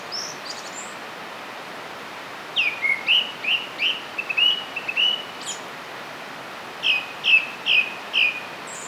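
Grey shrikethrush song: a run of several clear dipping whistles, a pause, then four more, over soft hiss with faint high chirps.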